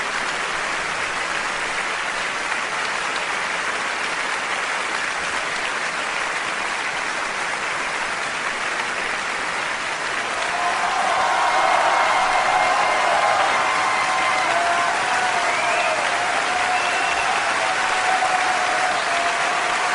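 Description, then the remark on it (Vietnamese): Steady, dense applause from an audience in an auditorium, rising to its feet after a speech, fills the whole stretch: a continuous wash of clapping that swells a little louder partway through, with faint cheering tones rising above it. “Một tràng pháo tay bùng lên.”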